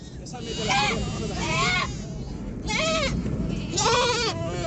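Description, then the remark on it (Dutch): Several goats and sheep being evacuated on La Palma bleat in overlapping, wavering cries. About four loud calls are spread across the moment, over a steady low rumble of background noise and faint crowd babble. “En ook talloze schapen, kippen en geiten zijn geëvacueerd.”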